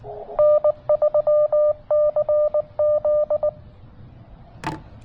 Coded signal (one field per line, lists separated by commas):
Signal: Morse code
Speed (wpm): 23 wpm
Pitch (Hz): 590 Hz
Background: none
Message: N3CZ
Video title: CW POTA with the TX-500